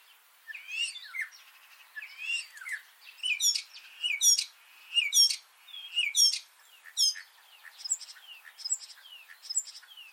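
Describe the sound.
Eurasian starling calling in chirpy, slurred phrases roughly once a second, each a quick cluster of high notes, growing shorter toward the end.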